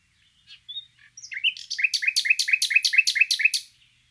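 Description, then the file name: Common nightingale song phrase: a few soft thin notes, then a rapid run of loud, rich repeated notes. "Luscinia megarhynchos"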